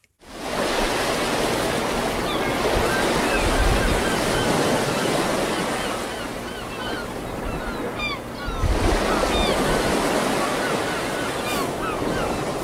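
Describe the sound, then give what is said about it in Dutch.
Steady, roaring surf washes over a beach, swelling and easing in broad waves, with faint seagull cries scattered above the rush of water. “Ja, je loopt op het strand en je ruikt de zee, je hoort de zeemeeuwen.”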